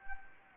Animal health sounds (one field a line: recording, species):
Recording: mosquito wingbeat signal from an infrared sensor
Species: Anopheles arabiensis